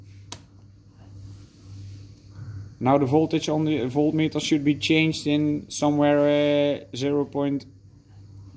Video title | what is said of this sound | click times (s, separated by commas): Instruction video VHM TPS setting tool | And click it in, like this, and you hear a click. | 0.3 s